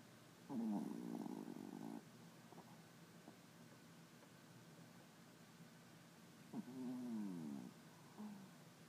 Small Dog Snoring.